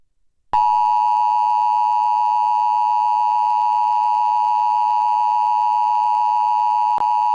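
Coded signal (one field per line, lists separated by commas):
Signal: Emergency Alert System (SAME) tones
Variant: 853 and 960 Hz attention tone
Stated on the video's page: Required Weekly Test relayed by a digital TV subchannel, captured from a digital tuner/recorder recording.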